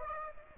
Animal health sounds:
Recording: mosquito wingbeat signal from an infrared sensor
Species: Aedes aegypti

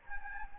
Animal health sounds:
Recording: mosquito wingbeat signal from an infrared sensor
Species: Anopheles gambiae

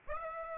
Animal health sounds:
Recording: mosquito wingbeat signal from an infrared sensor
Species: Aedes aegypti

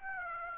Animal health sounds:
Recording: mosquito wingbeat signal from an infrared sensor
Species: Aedes aegypti

